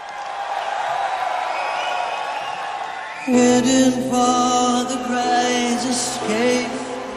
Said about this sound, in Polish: Zaczniemy od oklasków. One bardzo Państwa zauroczyły w niedzielę.